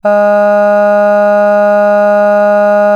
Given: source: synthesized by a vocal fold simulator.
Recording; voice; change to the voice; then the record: sustained vowel; female; none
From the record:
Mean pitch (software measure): 206 Hz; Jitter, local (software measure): 0.19%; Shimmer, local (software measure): 1.5%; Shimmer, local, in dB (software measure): 0.13 dB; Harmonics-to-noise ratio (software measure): 31.5 dB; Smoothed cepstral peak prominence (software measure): 18.8 dB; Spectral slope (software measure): -21.9 dB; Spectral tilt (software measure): -8.6 dB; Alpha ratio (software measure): -12.4 dB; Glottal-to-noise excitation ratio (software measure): 0.974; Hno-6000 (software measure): 2.5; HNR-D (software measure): 40.0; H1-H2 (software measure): 9.5 dB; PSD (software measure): 1.8e-05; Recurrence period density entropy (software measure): 0.134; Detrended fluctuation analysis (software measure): 0.0274